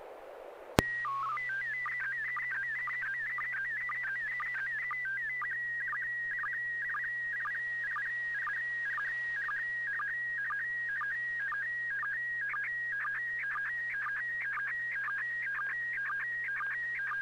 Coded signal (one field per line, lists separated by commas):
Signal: SSTV (slow-scan television)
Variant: PD 120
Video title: N6NA SSTV Net - 08/11/2021